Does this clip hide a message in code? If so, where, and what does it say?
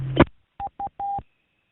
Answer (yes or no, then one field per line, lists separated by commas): no